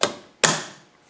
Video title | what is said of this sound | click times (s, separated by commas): Ruston-Hornsby 7XHR Restoration - Oiler Part 1 | this handle is spring-loaded and it clicks into place | 0.5 s